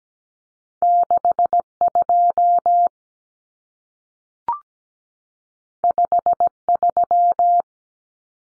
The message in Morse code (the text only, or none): 62 53